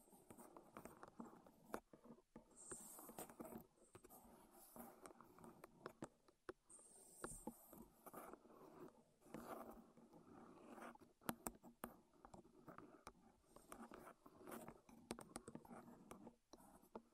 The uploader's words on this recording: ASMR Wood Triggers in Your Ears (No Talking).